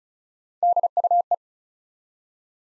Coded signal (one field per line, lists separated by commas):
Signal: Morse code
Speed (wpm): 36 wpm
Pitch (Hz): 700 Hz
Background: none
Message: DUE